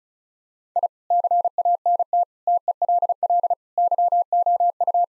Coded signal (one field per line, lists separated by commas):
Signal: Morse code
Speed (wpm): 36 wpm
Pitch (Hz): 700 Hz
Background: none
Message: I CANT TELL YOU